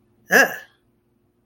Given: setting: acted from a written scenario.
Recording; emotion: vocal sound without words; negative surprise